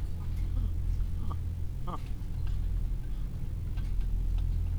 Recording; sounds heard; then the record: poultry house recording; sick chickens (respiratory disease)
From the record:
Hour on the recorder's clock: 15